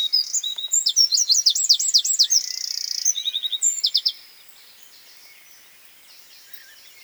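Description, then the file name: Eurasian wren bursting into a shrill, rapid song of trills and a buzzing rattle for four seconds, followed by quiet background. "Troglodytes troglodytes"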